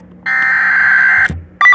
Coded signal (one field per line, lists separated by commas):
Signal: Emergency Alert System (SAME) tones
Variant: header bursts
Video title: XLF339 Severe Thunderstorm Warning #4 - 5 7/3/2021 (EAS #688 - 689)